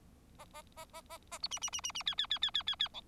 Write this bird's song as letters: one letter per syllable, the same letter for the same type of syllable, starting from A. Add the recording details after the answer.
A A A A A A B C C C C C D D D D D D D E. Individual Bird4